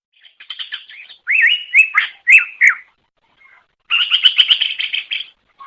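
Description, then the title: Greater green leafbird song mixing rising whistled slurs with a fast buzzy trill of repeated notes toward the end. Bird from Banyuwangi singing loudly and continuously (gacor ngeplong); used to train other birds; national champion bird. "mster Mnuk. Suara Cucak Ijo Banyuwangi Gacor Ngeplong Master. Masteran Cucak Ijo Juara Nasional"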